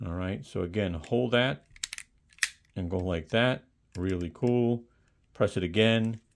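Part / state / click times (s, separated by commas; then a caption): folding blade arm locking into the knife handle / not seated / none. Someone talks while handling a ToughBuilt 5-in-1 folding utility knife (TB-H4-12-IM), pressing the release button and swinging the blade arm open toward its locked position in the handle. A few short, sharp handling clicks and taps sound between the words at about 1.8 to 2.4 seconds. The blade arm has not locked into the handle yet; nothing has seated.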